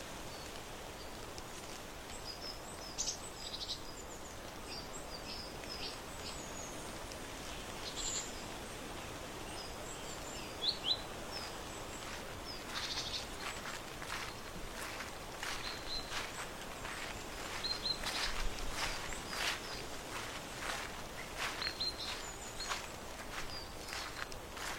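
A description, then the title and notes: Outdoors on a porch, a steady soft hiss of open air carries faint, high bird chirps scattered throughout. From around the middle onward, short crisp rustles and crackles come in quick bursts, like dry leaves being stirred, growing busier toward the end. Breakfast vibes on the porch in autumn. Warm days, birdsong, crunchy leaves, flipping books.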